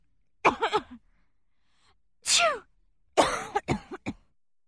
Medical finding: Female sneeze cough.